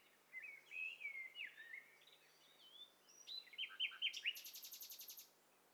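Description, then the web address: Mixed birds: a run of varied whistled and slurred notes, followed by a rapid, steady trill of high repeated notes that stops abruptly. Several birds mixed in stereo, a test set for a bird cocktail party challenge. "STEREO BIRD COCKTAIL PARTY Challenge SBCP TESTSET HDBird Cocktail Party"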